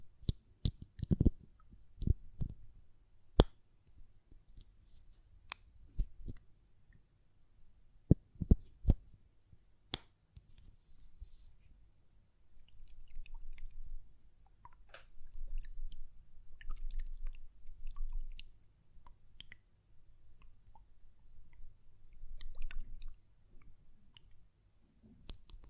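A glass perfume bottle is tapped and its lid handled, giving sharp, bright clicks that come in clusters during the first ten seconds. After that, softer scraping and rubbing sounds take over in low, uneven swells, with an occasional light tick until the end.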